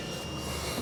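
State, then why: Not seated. The exterior door handle on the door of a small hatchback, a Cat S salvage Fiat 500 Lounge with 115K miles, is being pulled and handled, with a steady broadband rumble and faint hum throughout that swells slightly at the very end. The handle has not snapped back into place yet; nothing has seated or clicked in this clip.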